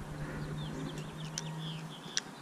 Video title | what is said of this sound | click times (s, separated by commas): Aux Reverse light install | there's the click sometimes a little bit more pronounced than others but listen for it again okay | 1.4 s, 2.2 s